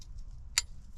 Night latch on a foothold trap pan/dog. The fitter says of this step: click, set, flat, ready to go.